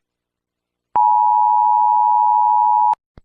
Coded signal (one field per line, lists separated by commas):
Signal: Emergency Alert System (SAME) tones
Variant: 853 and 960 Hz attention tone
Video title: EAS SCENARIO: HURRICANE EMERGENCY IN FRONT OF HURRICANE BALLY (get the dom 3 lol)